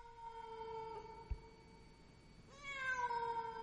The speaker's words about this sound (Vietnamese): Vừa dứt lời, con mèo đứng ở ngoài hiên quay mắt lại nhìn ông chằm chằm, kêu lên mấy tiếng như thách thức, rồi nó quất đuôi chạy đi.